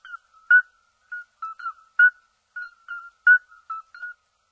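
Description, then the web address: Midwife toads calling, short soft whistled pips from several animals sounding irregularly, some louder and clearer than others, with silence between notes. Midwife toads, recorded in France. "amphibians in france. Midwife toads"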